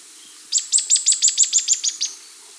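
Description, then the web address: Streaked xenops song: a thin, very high series of about ten sharp notes, evenly spaced and falling slightly, lasting about a second and a half. Andean bird of South America. "S America Andean Birds. Streaked Xenops (Xenops Rutilans)"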